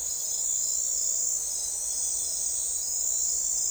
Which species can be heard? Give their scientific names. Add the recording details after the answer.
none. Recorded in forest near Pivijay, Magdalena, Colombia, on 4 June 2023 at 03:30. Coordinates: 10.467, -74.380. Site Z5-G034